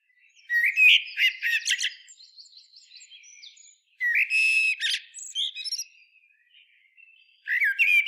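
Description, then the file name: Common blackbird song: three mellow warbled phrases with squeaky high twitters, separated by pauses. "Turdus merula"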